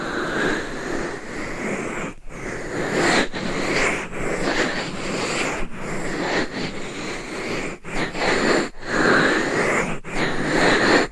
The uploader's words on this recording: Binaural Mic Scratching , Massage & Tapping. No Talking for Sleep with Long Nails.